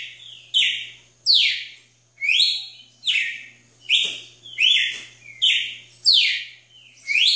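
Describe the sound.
Red-cowled cardinal: bright, slurred whistles, mostly descending, given in a run of several notes, with a soft background hum.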